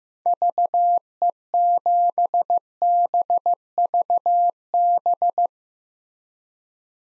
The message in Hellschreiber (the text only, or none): none